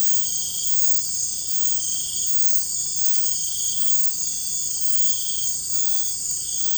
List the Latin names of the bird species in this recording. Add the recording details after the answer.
none. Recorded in dense forest near Puerto Asís, Putumayo, Colombia, on 20 February 2024 at 05:00. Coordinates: 0.487, -76.319. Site G6403